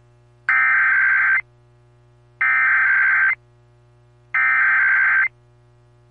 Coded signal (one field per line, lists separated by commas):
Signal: Emergency Alert System (SAME) tones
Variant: header bursts